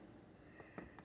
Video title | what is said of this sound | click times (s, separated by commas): ***warning***tarantula video***tliltocatl verdezi | So it just sits on there and clicks into place. | 0.8 s, 1.0 s